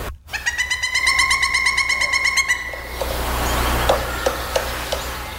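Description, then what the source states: Pileated Woodpecker call: a rapid, even series of loud ringing notes lasting about two seconds, then stopping; faint taps and background noise follow. Played as the second of three quiz excerpts; described as more a cry than a song, and as soothing.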